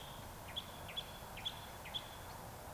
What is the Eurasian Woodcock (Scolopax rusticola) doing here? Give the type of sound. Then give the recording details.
whistle. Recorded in Baden-Württemberg, Germany, on 26 June 2021 at 19:58 UTC. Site 45499, 200 m above sea level